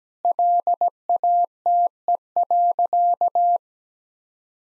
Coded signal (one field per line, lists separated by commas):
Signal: Morse code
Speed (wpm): 17 wpm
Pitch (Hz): 700 Hz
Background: none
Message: LATE.